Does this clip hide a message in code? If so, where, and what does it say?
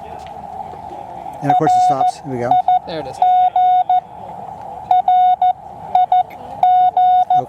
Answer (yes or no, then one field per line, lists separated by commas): yes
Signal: Morse code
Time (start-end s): 1.5-7.4 s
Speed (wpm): 14 wpm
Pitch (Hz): 730 Hz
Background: speech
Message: RIG RIG